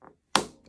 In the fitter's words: do you hear that the Top's back on okay that's how you know they're on there nice and tight